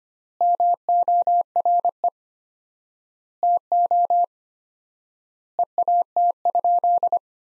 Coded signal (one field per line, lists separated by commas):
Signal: Morse code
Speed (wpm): 25 wpm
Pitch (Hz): 700 Hz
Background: none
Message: MORE TO EAT?